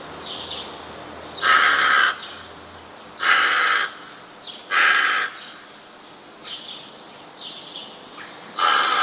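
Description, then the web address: Rook giving four loud, grating caws at irregular intervals, with fainter higher calls between. "wroblowe ptaki gawron"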